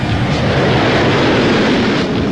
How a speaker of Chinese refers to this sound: 哎呀，小姐，飞机。